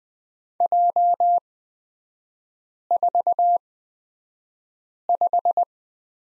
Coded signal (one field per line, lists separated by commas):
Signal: Morse code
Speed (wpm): 20 wpm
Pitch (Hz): 700 Hz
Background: none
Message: J45